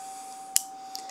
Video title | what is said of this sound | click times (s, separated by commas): Changing My MiniMed 630G Set On Camera For The First Time! "Mio" | tell you hear that click then | 0.6 s